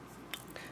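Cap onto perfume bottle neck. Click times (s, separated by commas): 0.3 s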